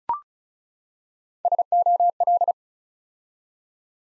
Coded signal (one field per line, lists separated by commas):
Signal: Morse code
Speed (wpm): 36 wpm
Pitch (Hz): 700 Hz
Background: none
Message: SOL